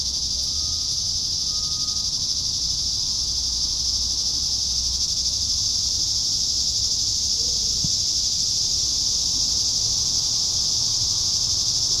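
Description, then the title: Cicadas keep up a dense, even, high-pitched buzz throughout, with a brief faint tone near the start and a quiet low hum. "neoscenes: cicadas"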